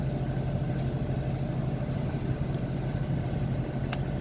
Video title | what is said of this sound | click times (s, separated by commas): Maxi-Heat® 1M BTU Thermostat Operation | it'll snap into place | 3.9 s